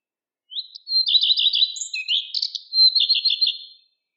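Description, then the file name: Common redstart song phrase: a thin rising note, a run of quick repeated notes, then a varied, twittering and slightly buzzy finish, about three seconds long. "lepalind"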